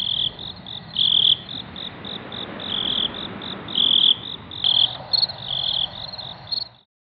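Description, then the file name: Cricket chirping, a steady high trill broken into short pulses with longer bursts every second or so, over a soft hiss, ending abruptly. Cricket chirping presented for relaxation and falling asleep. "orte der entspannung grillen einschlafen"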